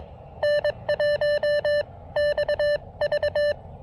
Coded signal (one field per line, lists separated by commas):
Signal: Morse code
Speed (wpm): 22 wpm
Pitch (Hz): 590 Hz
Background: none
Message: N1XV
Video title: POTA at Yatesville Lake SP: Breaking up a seven hour road trip with some QRP field radio fun!